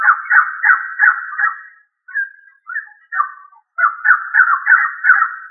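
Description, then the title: Rail giving a long run of fast, scratchy chattering notes, broken by a short gap of a few separate squawks before the rapid chatter resumes. "Familia Rallidae"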